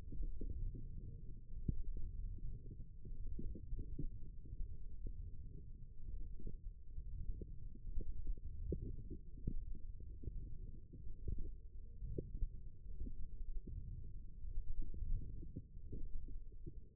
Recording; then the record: forearm muscle sounds (acoustic myography)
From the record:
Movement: wrist extension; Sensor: system 1, eight BSWA MPA416 microphones around the upper forearm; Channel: 1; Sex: female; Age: 21 years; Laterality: right